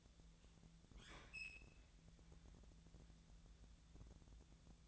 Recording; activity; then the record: daily activity, microphone in the room; open fridge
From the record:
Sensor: 3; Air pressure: 1000.1 hPa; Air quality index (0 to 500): 133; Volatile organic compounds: 2 ppm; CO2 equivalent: 1183 ppm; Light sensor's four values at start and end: 42/108/46/50 and 42/107/45/50